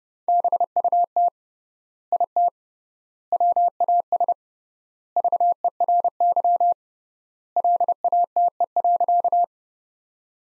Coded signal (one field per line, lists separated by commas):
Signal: Morse code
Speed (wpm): 30 wpm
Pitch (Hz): 700 Hz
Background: none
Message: BUT IT WAS VERY LATE.